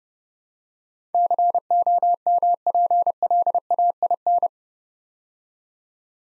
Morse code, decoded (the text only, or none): COMPLAIN